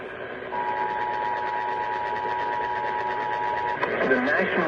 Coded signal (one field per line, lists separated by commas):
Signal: Emergency Alert System (SAME) tones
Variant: 853 and 960 Hz attention tone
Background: speech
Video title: A LOT OF PARISH AND COUNTY AR LA TX KRJO NEW STATION EAS Alerts From 10/18/25 (EAS#4,716 - #4,728)